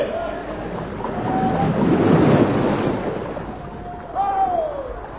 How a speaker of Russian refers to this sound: Дантес, к нам идет лодка.